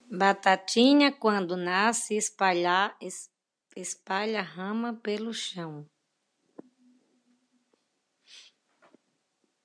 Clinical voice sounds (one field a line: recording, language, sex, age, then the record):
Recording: short text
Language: Brazilian Portuguese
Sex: female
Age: 50 to 59 years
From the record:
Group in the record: control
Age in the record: 52 years